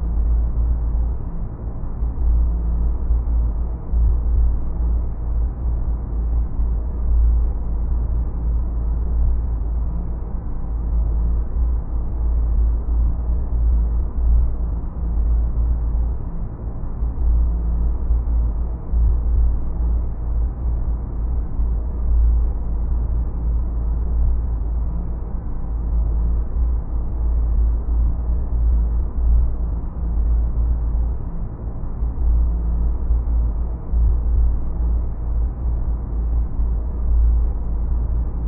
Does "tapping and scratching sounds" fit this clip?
no